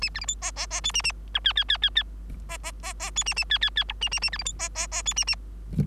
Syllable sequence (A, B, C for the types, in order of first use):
A B C D E E E F A A G H H H H H E E E E F A A H H H I A A A B C D E E E F A A